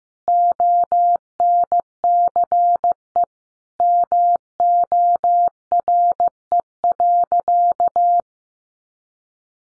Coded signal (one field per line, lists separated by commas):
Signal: Morse code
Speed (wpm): 15 wpm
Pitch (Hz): 700 Hz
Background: none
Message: ONCE MORE.